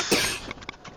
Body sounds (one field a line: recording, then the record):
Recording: coughing mixed with background sound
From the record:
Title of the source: 64 coughing, allergies, singing lungs